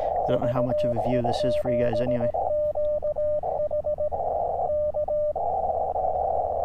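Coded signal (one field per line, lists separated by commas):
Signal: Morse code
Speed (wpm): 18 wpm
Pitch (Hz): 600 Hz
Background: speech, radio noise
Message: VE7QH K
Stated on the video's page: Summit activation with Elecraft KX2 and Chameleon MPAS Lite vertical; poor band conditions, weak stations pulled from the noise.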